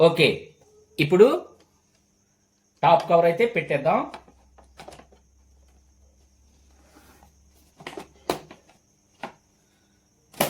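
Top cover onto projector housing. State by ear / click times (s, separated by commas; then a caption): seated / 8.3 s, 10.4 s. The plastic top cover of a Toptro Legend Ultra Max projector is set onto the projector housing and pushed forward until it latches, after someone talks. Soft handling noises follow, then sharp plastic snaps at 8.3 s and 10.4 s as the cover locks into place.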